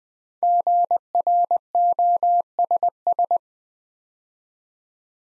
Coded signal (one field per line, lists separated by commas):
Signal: Morse code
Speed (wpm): 21 wpm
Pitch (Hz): 700 Hz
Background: none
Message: GROSS